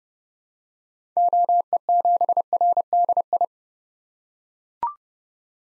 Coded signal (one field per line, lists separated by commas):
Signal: Morse code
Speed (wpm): 32 wpm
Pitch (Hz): 700 Hz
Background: none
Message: OE7RDI